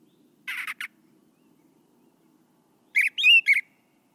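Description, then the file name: Brown thrasher song: a harsh buzzy doubled phrase, silence for two seconds, then a brighter run of slurred whistled notes; faint low hum in the background. "suara kicauan brown thrasher. omkicau"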